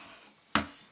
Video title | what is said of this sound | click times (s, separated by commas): Alpha Bidet Toilet Seat Installation | Okay, that's locked into place. | 0.5 s